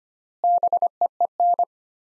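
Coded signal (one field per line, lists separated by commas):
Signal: Morse code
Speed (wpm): 25 wpm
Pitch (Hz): 700 Hz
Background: none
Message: BEEN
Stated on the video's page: Morse practice drill of sets of four words at 25 wpm with 4x word spacing, a Farnsworth-like method.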